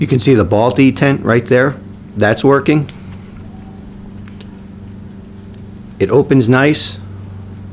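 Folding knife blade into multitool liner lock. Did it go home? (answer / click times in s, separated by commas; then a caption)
no / none. Someone talks while handling a Leatherman Signal multitool, swinging its replacement carbon steel folding knife blade without serrations open toward the liner lock, with a few faint, brief ticks in the quiet stretch between the talking. Nothing has seated or clicked into the liner lock yet.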